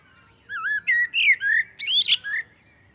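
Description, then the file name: Common blackbird delivers a melodious phrase of looping whistled notes, then a high, strained twitter and a last lower note. "Turdus merula"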